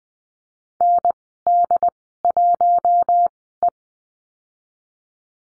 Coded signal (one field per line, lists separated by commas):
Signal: Morse code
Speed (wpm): 19 wpm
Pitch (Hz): 700 Hz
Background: none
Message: ND1E